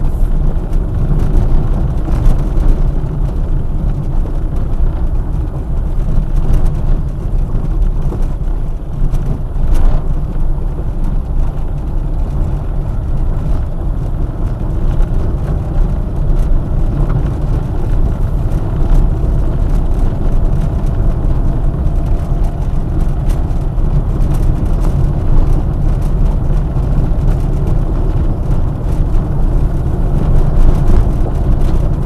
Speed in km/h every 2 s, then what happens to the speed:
24, 23, 20, 16, 19, 24, 27, 26, 30, 29, 29, 30, 31, 33, 30, 31.
0-7 slows to 16. 7-16 speeds up to 30. 16-32 steady at about 30.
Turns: none.